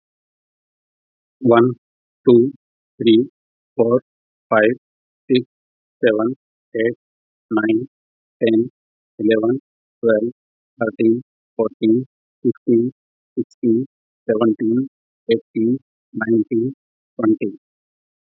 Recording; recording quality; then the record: counting at a normal pace; excellent, no background noise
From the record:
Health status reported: healthy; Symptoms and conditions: diabetes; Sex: male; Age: 48 years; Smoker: not ticked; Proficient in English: yes